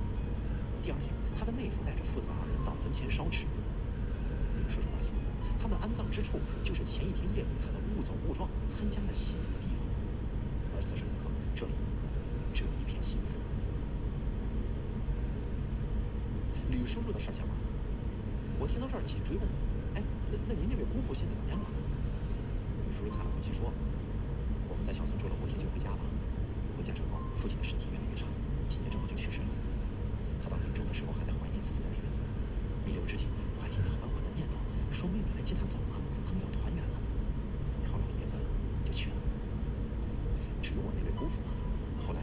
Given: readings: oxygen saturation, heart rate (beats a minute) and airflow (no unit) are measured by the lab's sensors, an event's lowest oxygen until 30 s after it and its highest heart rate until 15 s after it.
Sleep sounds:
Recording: breathing in sleep by a smartphone at the bedside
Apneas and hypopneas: none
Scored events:
29.00-42.23 s: new sleep stage, N2 (light sleep)
From the record:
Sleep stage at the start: N1 (lightest sleep)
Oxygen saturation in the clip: 93 to 94%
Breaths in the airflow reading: 13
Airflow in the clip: -1.5 to 2.5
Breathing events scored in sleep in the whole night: 335 in 6.7 hours asleep

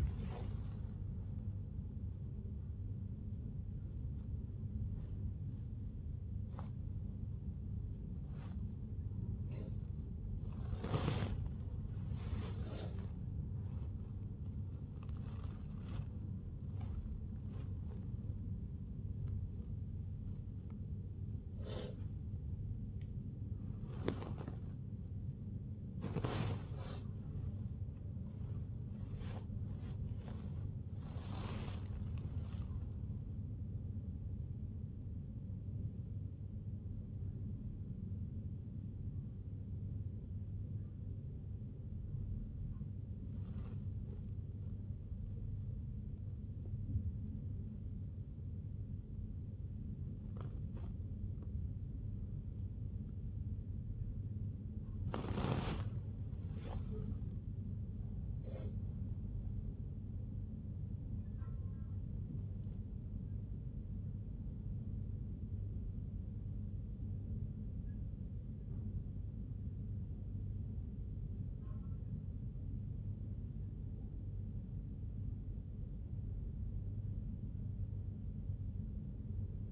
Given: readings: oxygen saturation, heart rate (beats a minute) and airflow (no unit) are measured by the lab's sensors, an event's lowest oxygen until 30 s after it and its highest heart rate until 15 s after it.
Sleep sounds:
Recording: a person awake in a sleep study, by a smartphone at the bedside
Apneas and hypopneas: none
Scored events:
0.00-79.72 s: awake
From the record:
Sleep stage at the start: awake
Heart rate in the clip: 73 to 85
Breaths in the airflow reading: 32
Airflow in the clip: -0.8 to 0.7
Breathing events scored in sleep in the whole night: 51 in 8.9 hours asleep

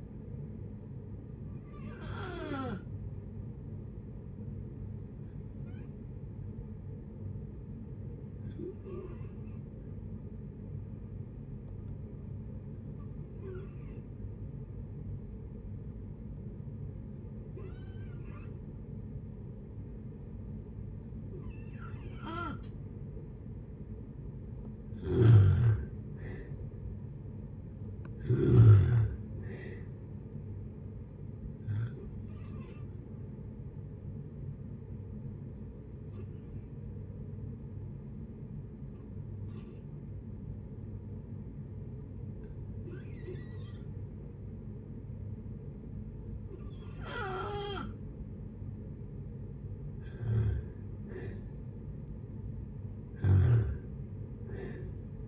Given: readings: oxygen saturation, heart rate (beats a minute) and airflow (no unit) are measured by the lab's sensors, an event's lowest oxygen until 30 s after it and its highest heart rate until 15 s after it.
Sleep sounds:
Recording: breathing in sleep by a smartphone at the bedside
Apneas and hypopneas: 2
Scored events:
3.00-25.00 s: hypopnea (N2, oxygen 94% highest, then 86% lowest, heart rate 71 at the start, 71 highest)
33.00-50.60 s: hypopnea (N2, oxygen 94% highest, then 85% lowest, heart rate 67 at the start, 71 highest)
39.00-55.28 s: new sleep stage, N1 (lightest sleep)
From the record:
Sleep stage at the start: N2 (light sleep)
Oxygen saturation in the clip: 85 to 94%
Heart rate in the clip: 55 to 71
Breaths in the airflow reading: 12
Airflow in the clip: -5.9 to 7.4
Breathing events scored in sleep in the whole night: 496 in 5.4 hours asleep

